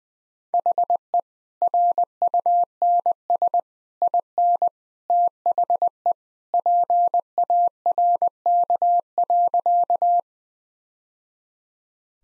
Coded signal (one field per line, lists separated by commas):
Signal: Morse code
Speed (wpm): 21 wpm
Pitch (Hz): 700 Hz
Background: none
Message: HE RUNS IN THE PARK.